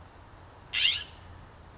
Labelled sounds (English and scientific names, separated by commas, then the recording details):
California Scrub-Jay (Aphelocoma californica)
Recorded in Sonoma County, California